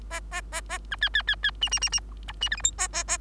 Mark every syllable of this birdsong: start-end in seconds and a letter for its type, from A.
0.10-0.20 A, 0.31-0.41 A, 0.52-0.61 A, 0.69-0.78 A, 0.91-0.96 B, 1.01-1.09 C, 1.14-1.22 C, 1.27-1.35 C, 1.43-1.51 C, 1.61-1.70 D, 1.71-1.79 D, 1.81-1.89 D, 1.92-2.00 D, 2.28-2.32 E, 2.41-2.49 D, 2.51-2.56 F, 2.57-2.62 G, 2.63-2.71 H, 2.78-2.88 A, 2.93-3.04 A, 3.08-3.18 A